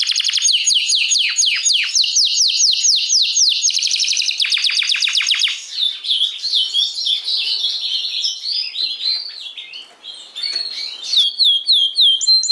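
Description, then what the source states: Domestic canary song: rapid downward-sweeping trills and rattling notes give way to softer warbled, twittering phrases, with loudness rising and falling. Portuguese canary breed.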